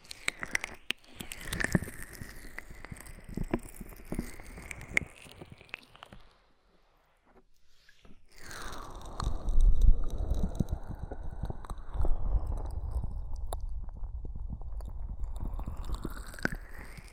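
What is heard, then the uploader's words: Wet, squishy ear massage sounds with oil and foam, dense crackling and rubbing, a brief silence near six seconds, then louder muffled swirling. ASMR Oil, Foam and Tingly Ear Massage.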